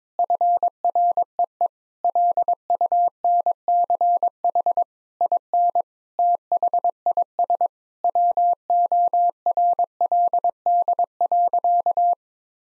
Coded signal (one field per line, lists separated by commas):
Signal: Morse code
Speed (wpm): 22 wpm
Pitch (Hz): 700 Hz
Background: none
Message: FREE LUNCH IN THIS WORLD.